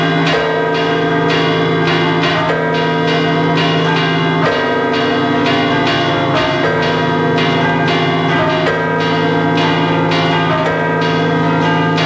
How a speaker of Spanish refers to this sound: Estas campanas que están oyendo nunca se tañen a lo largo del año. Es una excepción que podamos escucharla ahora formando parte de este mosaico sonoro de la cadena SER. Es el saludo de Extremadura, las campanas de la Catedral de Badajoz.